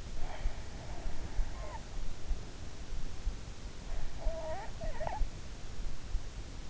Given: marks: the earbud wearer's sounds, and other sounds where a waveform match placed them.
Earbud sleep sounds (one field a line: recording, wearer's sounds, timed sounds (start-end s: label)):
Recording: sounds in sleep by an in-ear microphone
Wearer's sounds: snoring breath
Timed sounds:
0.23-2.03 s: snoring breath
3.97-5.30 s: snoring breath